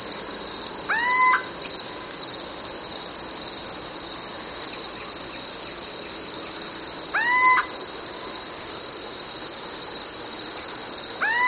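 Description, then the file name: Little owl repeating a short upslurred, flat-ending hoot every few seconds, against constant high-pitched insect buzzing. "Civetta"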